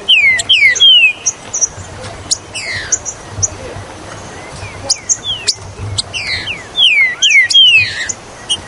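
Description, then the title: Green-winged saltator pouring out fast, falling whistled notes in short bursts at the start and end, with clicks and thin high chirps between them. "Trinca Ferro Ao Maximo Trinca Ferro"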